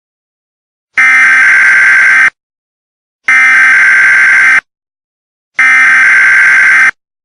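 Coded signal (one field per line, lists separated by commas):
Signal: Emergency Alert System (SAME) tones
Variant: header bursts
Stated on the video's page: Fictional weather-based mock EAS scenario about a hurricane.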